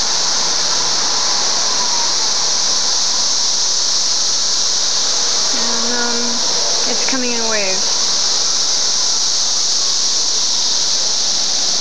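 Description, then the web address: Cicadas droning in a steady, unbroken high-pitched chorus throughout, with a brief squealing, wavering harmonic sound between about five and a half and eight seconds. Cicadas, June 2004. "fleur. cicadas jun 072004"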